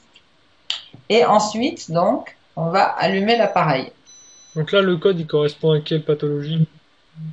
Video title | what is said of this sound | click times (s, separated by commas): Webconférence sur les Zappers | on a pu il ya parce qu'un petit clic la voilà et | 0.7 s